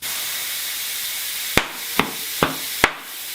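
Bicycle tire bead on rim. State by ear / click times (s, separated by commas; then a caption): seated / 1.6 s, 2.0 s, 2.4 s, 2.8 s. A bicycle tubeless tire fitted with an Air-Liner foam insert is inflated with the valve core removed, and a steady rushing hiss of air runs through the whole clip. Sharp snaps ring out at 1.6, 2.0, 2.4 and 2.8 seconds as the tire beads pop outward onto the rim seat, leaving the beads seated on the rim.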